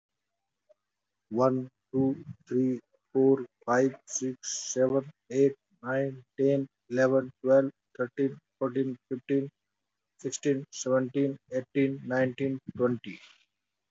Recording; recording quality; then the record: counting at a normal pace; moderate, slight background noise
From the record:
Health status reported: healthy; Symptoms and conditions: none ticked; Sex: male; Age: 43 years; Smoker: not ticked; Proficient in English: no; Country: India